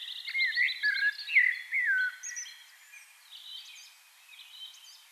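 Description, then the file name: Eurasian blackbird song: rich fluty warbled phrases sliding up and down, followed by a quieter, high squeaky twittering ending. "Turdus merula"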